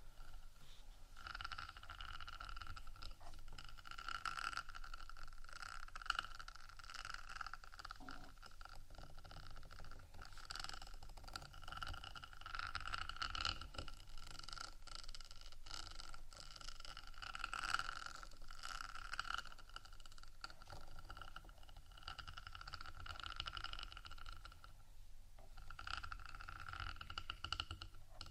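Scratching and tapping on a rhinestone-embellished microphone make a dense, steady rasp with a low rumble beneath and frequent small clicks throughout.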